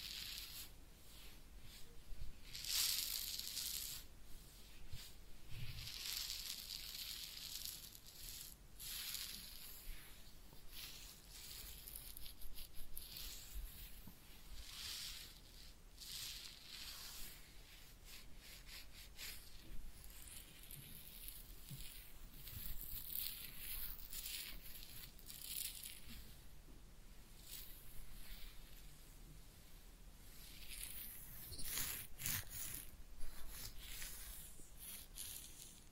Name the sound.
Real Head Massage and Ear Cleaning